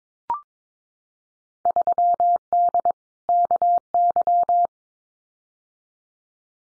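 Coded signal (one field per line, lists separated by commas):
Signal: Morse code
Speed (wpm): 22 wpm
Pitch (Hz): 700 Hz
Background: none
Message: 3D KY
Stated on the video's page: Morse code Field Day exchange head-copy drill at 22 wpm, with randomly selected exchanges each sent, spoken, then sent again.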